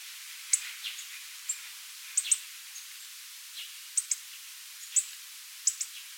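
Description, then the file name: Hawfinch: sharp, very short high ticks, several in close pairs, given at uneven intervals with a faint hiss behind. "Coccothraustes coccothraustes"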